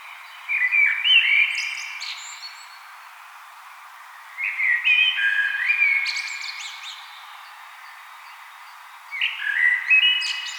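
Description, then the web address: Common blackbird song: three separate phrases, each a low, rich fluting warble followed by a squeaky high twitter, spaced about four to five seconds apart. "vogelstimmen amsel gesang nabu lars lachmann"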